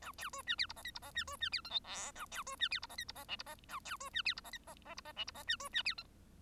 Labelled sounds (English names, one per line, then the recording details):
Bengalese Finch song
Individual Bird1